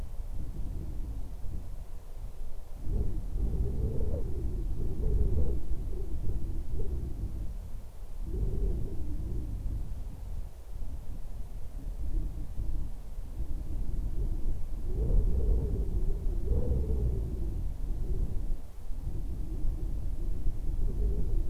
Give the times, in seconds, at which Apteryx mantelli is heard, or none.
none